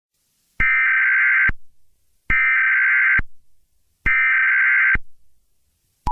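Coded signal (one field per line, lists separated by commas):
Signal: Emergency Alert System (SAME) tones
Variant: header bursts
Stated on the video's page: Fictional EAS scenario of a hurricane, using valid EAS tones.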